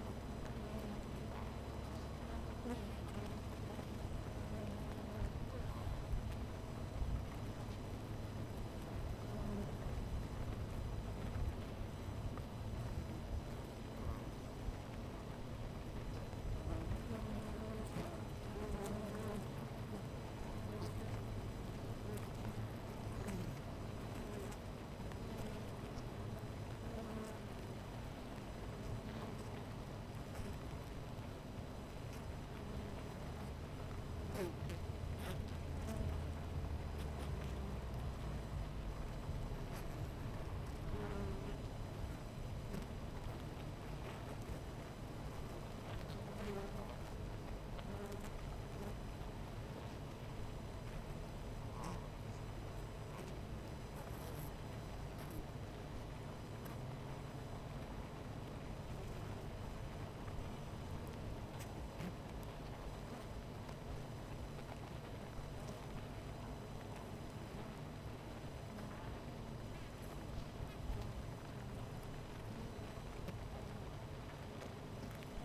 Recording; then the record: honeybee colony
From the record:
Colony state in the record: missing queen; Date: 14 July 2017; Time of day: 10:46